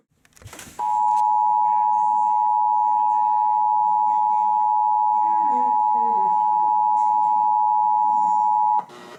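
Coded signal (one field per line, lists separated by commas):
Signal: Emergency Alert System (SAME) tones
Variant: 853 and 960 Hz attention tone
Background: speech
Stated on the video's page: EAS severe weather alerts received from distant Massachusetts and New Hampshire stations via tropospheric propagation (tropo).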